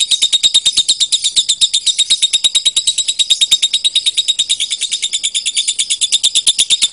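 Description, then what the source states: Lovebird chattering song, a continuous rapid run of thin, high chirps with no pauses. Lovebird called Putri Mentaya.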